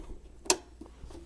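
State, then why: Seated. An XLR cable for the left output is pushed into the output connector of a Behringer X32 audio mixer. A single sharp click at 0.5 s shows it locking into place, followed only by a faint tick and quiet background. The plug is seated.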